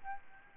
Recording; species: mosquito wingbeat signal from an infrared sensor; Aedes albopictus